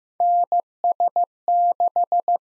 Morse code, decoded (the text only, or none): NS6